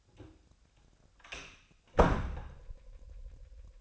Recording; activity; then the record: daily activity, microphone in the room; close door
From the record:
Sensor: 2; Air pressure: 1007.0 hPa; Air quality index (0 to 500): 193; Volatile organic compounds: 12 ppm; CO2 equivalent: 2361 ppm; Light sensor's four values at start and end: 10/23/10/10 and 10/23/9/10